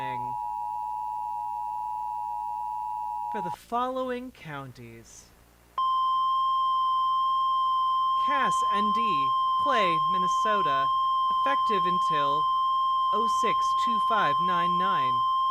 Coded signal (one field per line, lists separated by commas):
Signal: Emergency Alert System (SAME) tones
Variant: 853 and 960 Hz attention tone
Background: speech